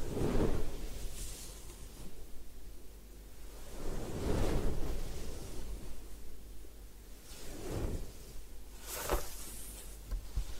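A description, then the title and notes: Soft rubbing and rustling of a hair wash and scalp massage, moving in slow swells about every three to four seconds. Low muffled thumps sit under the strokes, and a brief bright swish stands out near nine seconds. Head Spa Hair Wash, Massage, Ear Cleaning.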